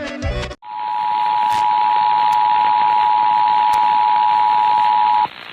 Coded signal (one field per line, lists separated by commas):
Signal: Emergency Alert System (SAME) tones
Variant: 853 and 960 Hz attention tone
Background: music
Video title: [EAS] WYMY/WQDR - Tornado Watch #603 Activation 2 - 8/7/2023